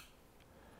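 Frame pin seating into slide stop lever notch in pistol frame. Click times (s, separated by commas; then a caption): 0.4 s. In a Glock 19 pistol frame, the locking block pin, tapped in with a nylon mallet and trued up with a punch, seats as the slide stop lever clicks into the little notch on the pin. A single faint, short click is heard at 0.4 s over a low, steady background hiss. The click means the pin is locked in.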